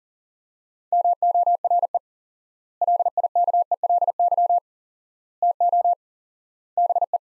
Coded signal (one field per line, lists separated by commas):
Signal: Morse code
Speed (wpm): 40 wpm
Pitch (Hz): 700 Hz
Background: none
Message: MORE LIKELY TO BE